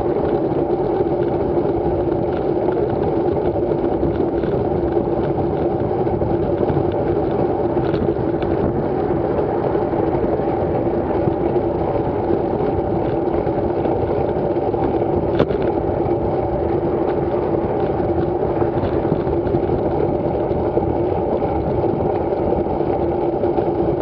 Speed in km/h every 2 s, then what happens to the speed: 35, 35, 35, 34, 34, 34, 35, 35, 35, 35, 35, 36.
0-24 steady at about 35.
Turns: none.